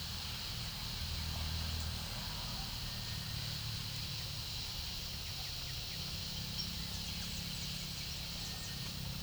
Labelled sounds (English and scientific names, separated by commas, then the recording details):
none
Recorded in pastures near Puerto Asís, Putumayo, Colombia, on 4 March 2025 at 10:30
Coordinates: 0.497, -76.327
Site G072